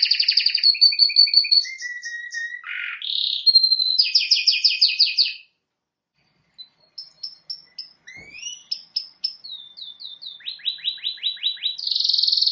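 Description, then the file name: Canary song of varied trills and slurred notes, a pause of about a second, then quiet sharp chips building back into rapid high trills. "Canary Voice"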